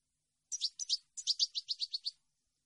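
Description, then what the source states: European goldfinch song: paired high chirps followed by a rapid, even string of bright twittered notes lasting about a second. Clean goldfinch song meant for birds to copy, for song training.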